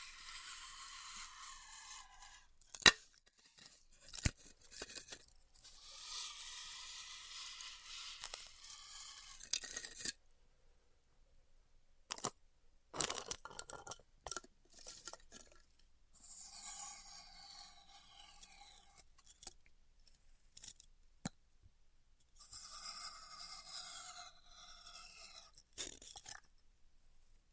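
Styrofoam being cut with a heat cutter gives off squeaky, whining passes that rise and fall in pitch, heard around 0–2, 5–10, 16–19 and 23–26 seconds. Sharp clicks and crackles punctuate the cuts, especially near 3, 4, 10 and 12–15 seconds, with quiet pauses between.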